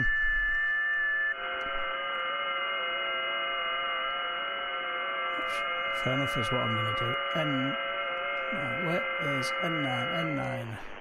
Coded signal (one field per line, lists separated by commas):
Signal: FT8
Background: speech